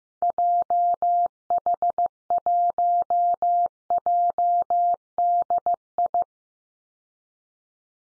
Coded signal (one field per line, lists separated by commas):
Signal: Morse code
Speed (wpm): 15 wpm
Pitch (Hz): 700 Hz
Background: none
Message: JH1JDI